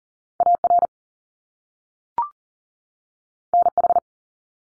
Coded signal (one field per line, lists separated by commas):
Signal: Morse code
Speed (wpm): 42 wpm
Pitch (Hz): 700 Hz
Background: none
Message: AR NH